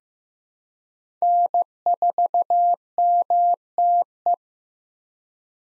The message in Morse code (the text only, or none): N4MTE